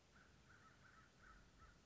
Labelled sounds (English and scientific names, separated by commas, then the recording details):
American Crow (Corvus brachyrhynchos)
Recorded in Sonoma County, California